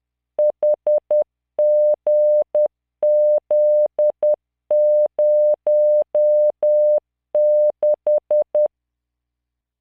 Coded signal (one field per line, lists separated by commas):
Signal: Morse code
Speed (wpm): 10 wpm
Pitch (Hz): 600 Hz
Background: none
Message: HGZ06